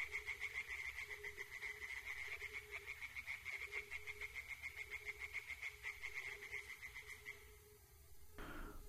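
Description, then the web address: Tree frog chorus of rapid repeated croaks, many frogs overlapping; the dense calling thins and breaks off near the end. Chorus of tree frogs in a forest. "Tajemnice puszczy Koncert rzekotek"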